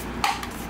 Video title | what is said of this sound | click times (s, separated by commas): Wacom Cintiq Companion 2 Disassembly | You'll hear it click and crack and all that shit. | 0.2 s